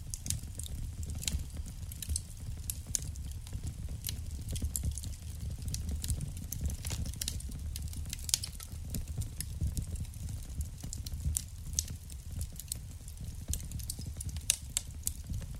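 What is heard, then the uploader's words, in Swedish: A crackling fire burns steadily, with sharp pops and snaps scattered irregularly throughout, a few louder ones standing out near the middle and end. Underneath runs a low, continuous rumble that stays even for the whole stretch. En timme sprakande brasljud.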